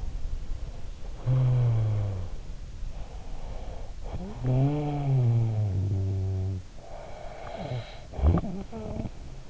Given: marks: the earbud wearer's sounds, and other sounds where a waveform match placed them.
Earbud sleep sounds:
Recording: sounds in sleep by an in-ear microphone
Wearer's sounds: snoring breath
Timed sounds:
1.20-2.50 s: snoring breath
2.88-6.66 s: snoring breath
6.84-9.50 s: snoring breath

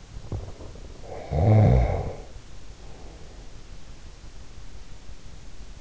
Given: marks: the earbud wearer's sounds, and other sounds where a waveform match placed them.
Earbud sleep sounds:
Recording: sounds in sleep by an in-ear microphone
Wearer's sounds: snoring breath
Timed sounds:
0.25-3.53 s: snoring breath

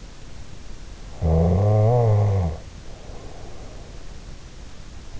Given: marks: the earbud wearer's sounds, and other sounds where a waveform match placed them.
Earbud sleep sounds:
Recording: sounds in sleep by an in-ear microphone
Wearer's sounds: snoring breath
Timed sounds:
1.08-4.25 s: snoring breath

